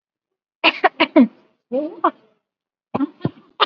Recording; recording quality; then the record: shallow voluntary cough; excellent, no background noise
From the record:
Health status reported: exposed to COVID-19, no respiratory illness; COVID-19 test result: negative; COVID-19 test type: RT-PCR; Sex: female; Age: 23 years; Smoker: no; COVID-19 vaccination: one dose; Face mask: worn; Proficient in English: yes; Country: India